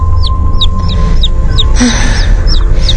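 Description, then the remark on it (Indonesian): A baby chick cheeps repeatedly, about eight short, high, downward-sliding peeps in three seconds, heard in the distance over a steady low rumble. “Karena suara anak ayam itu terdengar cukup jauh.”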